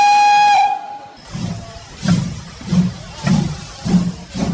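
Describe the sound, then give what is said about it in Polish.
A steam locomotive's whistle sounds one steady, high harmonic blast for about a second, then gives way to rhythmic chuffing bursts of hissing steam, roughly five regular exhaust beats. “Pociągi parowe są takim pomostem właśnie między nami, a między pokoleniem, które już minęło, a które również stworzyło te pociągi i pracowało dla naszego kraju.”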